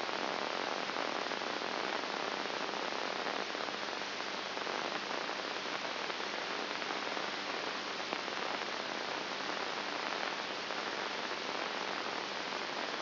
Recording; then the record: brain microelectrode recording played as sound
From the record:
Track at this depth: inside the subthalamic nucleus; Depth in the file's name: 1.901 mm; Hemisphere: right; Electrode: 2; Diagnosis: Parkinson's disease